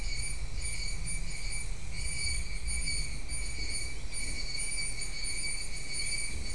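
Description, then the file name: Insects trilling steadily in high banded tones with slight pulsing, accompanied by a loud low rumble throughout. "mainly insect"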